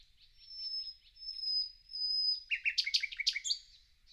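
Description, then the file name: Common nightingale song: drawn-out pure high whistling, then a sudden loud passage of rapid, harsh repeated notes. "Luscinia megarhynchos"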